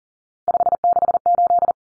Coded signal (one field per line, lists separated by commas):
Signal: Morse code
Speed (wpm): 40 wpm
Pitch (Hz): 700 Hz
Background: none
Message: 568